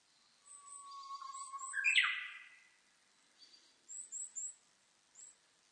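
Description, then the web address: Japanese bush warbler song: a held low whistle, then an abrupt explosive flourish; faint high chirps and short notes from other birds around it. Recorded 16 April 2005. "2005 050416 uguisu"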